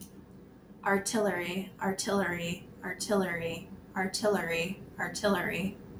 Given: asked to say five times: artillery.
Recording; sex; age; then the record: repeated word; female; 30 to 39 years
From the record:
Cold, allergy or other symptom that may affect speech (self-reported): no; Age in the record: 31 years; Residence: United States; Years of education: 18